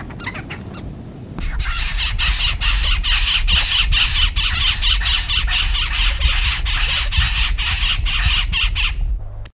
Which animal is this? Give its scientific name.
Turdoides bicolor